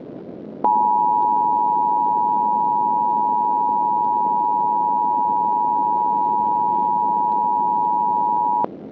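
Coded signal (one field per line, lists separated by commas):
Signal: Emergency Alert System (SAME) tones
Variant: 853 and 960 Hz attention tone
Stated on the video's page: Simulated EAS scenario recreating the 1935 Black Sunday dust storm, using valid EAS tones.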